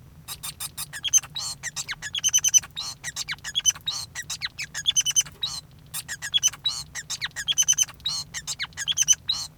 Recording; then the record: song of a male Bengalese finch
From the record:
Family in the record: son of father 5